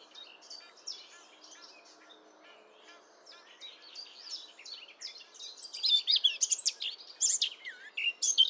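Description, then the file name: Eurasian blackcap song, a long, subdued scratchy warble that swells into a louder, quick flourish of bright whistles over the last three seconds. "Sylvia atricapilla"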